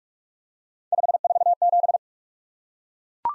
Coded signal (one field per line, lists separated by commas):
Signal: Morse code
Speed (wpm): 44 wpm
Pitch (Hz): 700 Hz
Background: none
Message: 547